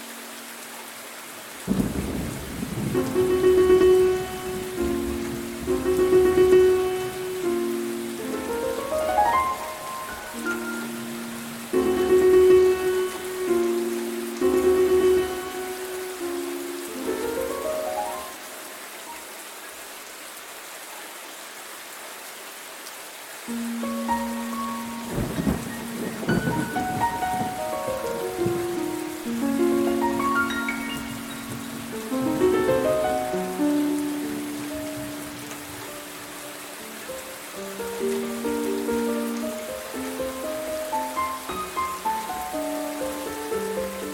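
Gentle melodic music with sustained, sliding notes plays over a steady rain hiss, thinning out briefly near the middle before resuming.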